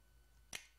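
A hand rivet gun is squeezed on an aluminum blind rivet joining two pieces. After a quiet stretch, there is one sharp pop at 0.6 s as the mandrel shank snaps off once the set load is reached. The rivet is set.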